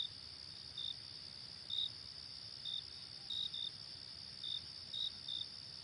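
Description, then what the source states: Cricket sounding brief sharp chirps, roughly one each second with occasional doubles, over a steady high insect drone and faint hiss. Night ambience.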